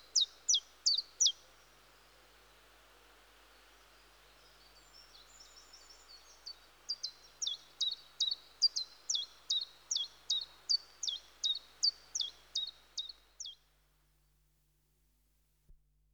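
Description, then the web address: Common chiffchaff song: a few high notes, a pause with soft twitters, then a long even run of clipped chiff-chaff notes ending abruptly, followed by near silence. "BBC Sound Effects Library. Chiffchaff"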